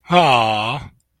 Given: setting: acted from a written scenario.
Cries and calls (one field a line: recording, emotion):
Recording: vocal sound without words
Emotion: adoration